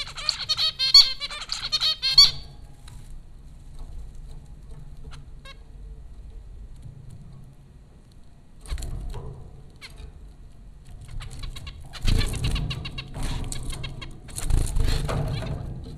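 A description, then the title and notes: Zebra finches chatter in bursts of bright, rapid chirps early and again after twelve seconds, over a low rumbling hum with quiet stretches between. Zebra finches recorded by Dan Bodah at Popcorn School, Flatbush, Brooklyn NY.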